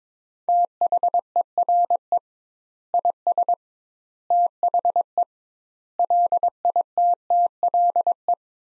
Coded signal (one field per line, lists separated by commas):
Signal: Morse code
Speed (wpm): 21 wpm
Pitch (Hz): 700 Hz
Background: none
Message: THERE IS THE LITTLE